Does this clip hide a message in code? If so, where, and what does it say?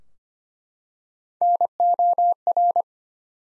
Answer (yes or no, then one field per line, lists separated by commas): yes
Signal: Morse code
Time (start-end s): 1.4-2.8 s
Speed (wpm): 25 wpm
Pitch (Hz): 700 Hz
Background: none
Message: NOR